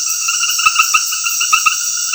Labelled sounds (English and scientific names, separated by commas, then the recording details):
none
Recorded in dense forest near Puerto Asís, Putumayo, Colombia, on 20 February 2024 at 21:00
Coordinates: 0.496, -76.326
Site G6383